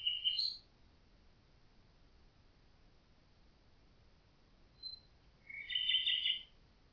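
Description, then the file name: Common nightingale song: a short high phrase at the start, a long silence broken by one brief high note, then a longer high phrase near the end. "Nachtigall"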